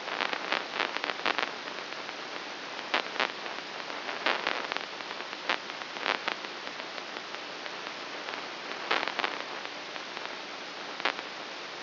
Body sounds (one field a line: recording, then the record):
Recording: brain microelectrode recording played as sound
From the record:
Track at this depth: inside the subthalamic nucleus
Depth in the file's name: 1.804 mm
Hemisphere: right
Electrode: 3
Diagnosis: Parkinson's disease